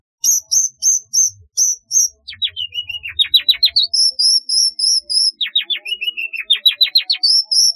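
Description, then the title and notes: Long-tailed shrike song with high squeaky notes, then series of rapid descending sweeps and short level notes, repeated in a lively, varied pattern. "Kicau Burung Cendet"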